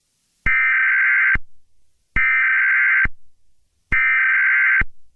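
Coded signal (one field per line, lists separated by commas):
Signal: Emergency Alert System (SAME) tones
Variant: header bursts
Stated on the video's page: Fictional EAS scenario, simulated alert about a killer clown rampage in London.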